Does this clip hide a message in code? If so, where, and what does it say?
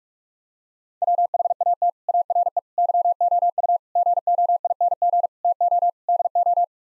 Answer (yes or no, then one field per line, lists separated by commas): yes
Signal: Morse code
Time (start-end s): 1.0-6.6 s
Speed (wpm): 41 wpm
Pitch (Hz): 700 Hz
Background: none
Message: WHAT ARE YOU GOING TO DO